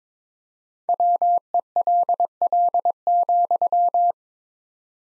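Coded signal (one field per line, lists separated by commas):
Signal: Morse code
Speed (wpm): 21 wpm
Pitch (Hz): 700 Hz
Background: none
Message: WELL,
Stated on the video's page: Morse practice of sentences from the top 500 words at 22 wpm with 4x standard word spacing, a Farnsworth-like method for head-copy.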